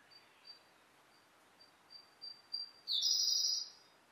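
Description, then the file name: Siberian Blue Robin song: soft, high, thin introductory notes quickening, then a loud, rapid, buzzy trill lasting under a second, over faint background hiss. Recorded 28 May 2010 at 18:17. "koruri-20100528-1817"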